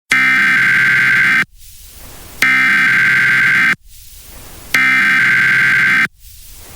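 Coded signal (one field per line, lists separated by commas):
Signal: Emergency Alert System (SAME) tones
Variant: header bursts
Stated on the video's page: Mock EAS tornado warning for El Paso County with valid 1050 Hz and 3000 Hz tones, audio made in Audacity.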